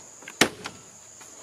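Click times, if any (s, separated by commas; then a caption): 0.4 s. A double-pole 20 amp circuit breaker, hooked in at the back first, is pushed down onto the breaker panel bus bar. A faint tick at 0.3 s leads into a sharp, loud snap at 0.4 s, followed by a softer click at 0.7 s. The breaker is seated on the bus.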